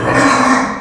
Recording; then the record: squeal of a Yucatan mini pig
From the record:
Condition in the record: after surgery on the right vocal fold (resection and tissue-engineered implant); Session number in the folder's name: 4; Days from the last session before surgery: 26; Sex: female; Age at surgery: 19 weeks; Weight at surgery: 25 kg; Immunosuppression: prednisolone